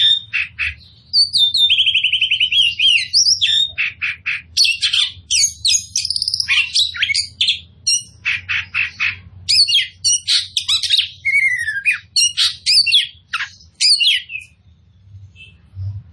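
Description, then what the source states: Oriental magpie-robin song: rapid scratchy chips, rattles and clear whistled phrases, continuous and varied, over a steady low hum. Local Indonesian name kacer poci; described as gacor, singing vigorously.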